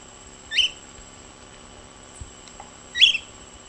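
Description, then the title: Short-crested flycatcher with two brief, sharp, slurred call notes about two and a half seconds apart, and a steady high tone in the background. "LuckyPassaro Completos2Sama. Short-crested Flycatcher (Myiarchus ferox)"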